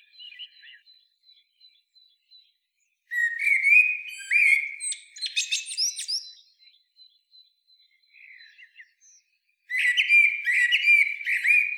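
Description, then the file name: Common blackbird singing. Soft high notes open, then a mellow warbling phrase slides into scratchy twitters. A second fluty phrase starts near ten seconds. "Turdus merula"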